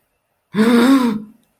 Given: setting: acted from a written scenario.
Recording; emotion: vocal sound without words; distress